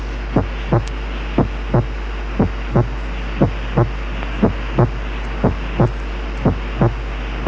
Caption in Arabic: اذا كان الانتنسيتي اوف ذا سكند ساوند اعلى كتير من الفيرست بيكون اكسنتويتد، وخاصة اذا كان له رنة.